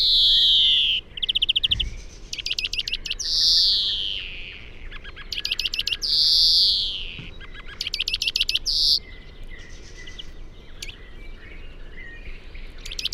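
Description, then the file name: European greenfinch giving long, drawn-out wheezy notes that slide downward, alternating with quick buzzy trill bursts and twittering; steady low background hiss throughout. "Chloris chloris"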